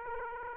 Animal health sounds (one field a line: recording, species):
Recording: mosquito wingbeat signal from an infrared sensor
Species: Aedes aegypti